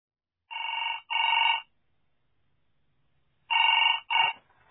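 A telephone rings in a classic double pattern: two short, buzzy, harmonic-rich bursts, a pause of about two seconds, then two more. It is loud and alone, with no voices.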